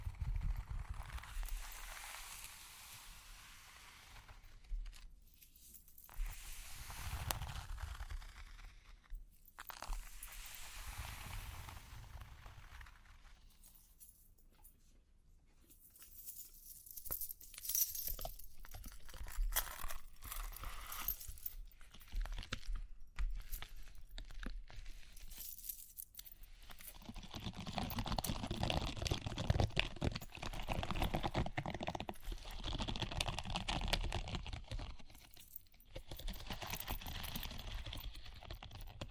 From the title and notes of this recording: ASMR Relaxing Tapping, Scratching, Ear Cleaning with Jingling Sounds (No Talking).